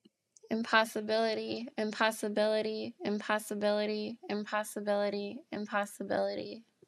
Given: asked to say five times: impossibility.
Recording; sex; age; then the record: repeated word; female; 20 to 29 years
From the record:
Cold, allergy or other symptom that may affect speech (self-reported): no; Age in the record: 26 years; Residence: Indiana, United States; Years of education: 12